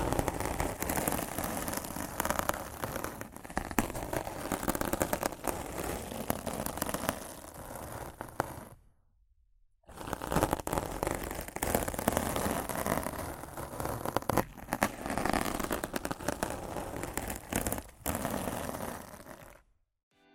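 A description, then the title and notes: Rough scratching and brushing on a microphone make a dense, crackly rasp that fills the whole range from low rumble to bright hiss. It runs steadily with quick flicks in loudness, breaks off into silence for about a second near the middle, then resumes and cuts out just before the end. ASMR Rough Mic Scratching & Brushing (No Talking).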